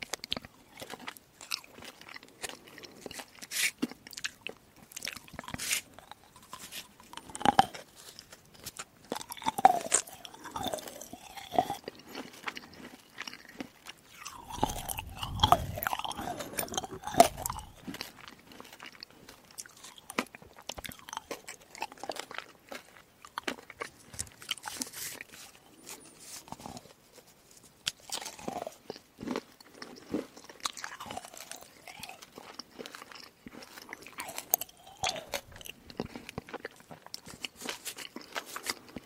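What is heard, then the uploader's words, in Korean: Eating sounds of rope jelly: wet, sticky chewing and crunchy bites in frequent bursts, with a louder, fuller chewing stretch around fifteen seconds. 로프젤리 이팅사운드.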